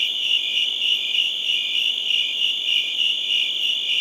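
Crickets chirping in dense high trills with a quick pulsing beat.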